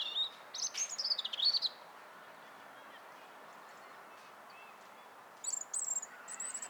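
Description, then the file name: European robin singing a high, thin warbling phrase of trills and slurred notes, a pause, then another brief twittering phrase near the end. "Erithacus rubecula"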